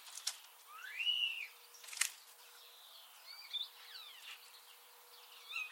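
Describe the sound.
Common starling giving a rising-then-falling whistle, sharp clicks, and a scatter of quieter slurred whistles and chirps.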